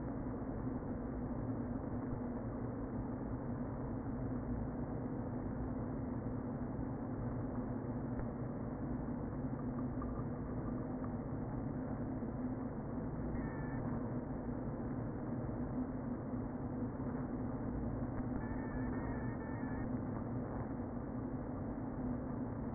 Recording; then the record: honeybee colony, microphone inside the hive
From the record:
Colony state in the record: queen present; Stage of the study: before two queens were removed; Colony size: about 60,000 bees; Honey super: yes